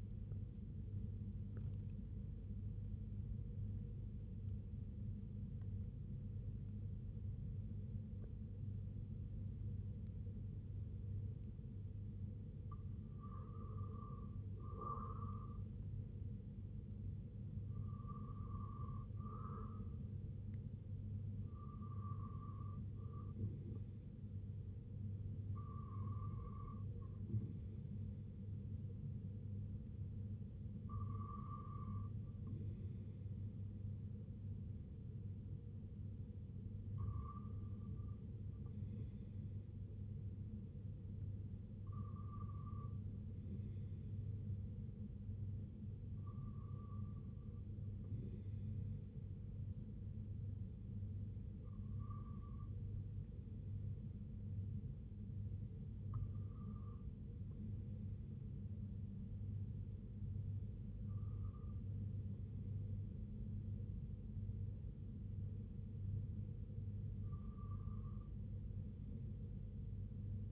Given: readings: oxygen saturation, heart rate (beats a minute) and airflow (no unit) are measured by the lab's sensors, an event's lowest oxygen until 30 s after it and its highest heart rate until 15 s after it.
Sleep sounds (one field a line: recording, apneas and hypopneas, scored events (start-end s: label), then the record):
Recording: breathing in sleep by a smartphone at the bedside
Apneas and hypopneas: 1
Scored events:
5.00-25.10 s: hypopnea (N1, oxygen 96% highest, then 89% lowest, heart rate 75 at the start, 75 highest)
39.00-70.52 s: new sleep stage, N2 (light sleep)
From the record:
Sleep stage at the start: N1 (lightest sleep)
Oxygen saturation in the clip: 89 to 96%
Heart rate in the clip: 61 to 89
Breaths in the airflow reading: 11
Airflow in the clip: -5.7 to 4.1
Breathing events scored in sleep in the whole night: 258 in 7.4 hours asleep